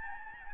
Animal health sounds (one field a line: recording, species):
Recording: mosquito wingbeat signal from an infrared sensor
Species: Aedes albopictus